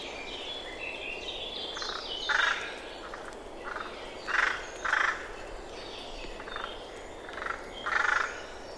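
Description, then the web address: Bird repeating short, harsh, rasping calls at irregular intervals, four louder ones in all, amid a busy background of fainter chirping birds and hiss. "Deverinetal 2025 File origin Bird Only"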